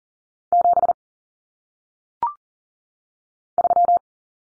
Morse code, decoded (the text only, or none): 7 3